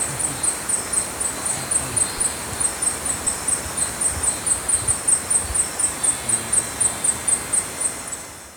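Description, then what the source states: Violet-headed hummingbird: thin, very high squeaky notes repeated steadily about three times per second throughout, over a soft hiss of background noise. Recorded in Ecuador.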